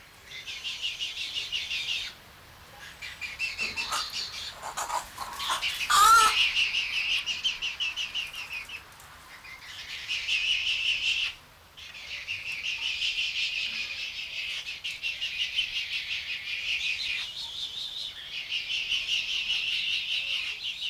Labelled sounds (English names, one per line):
Little Egret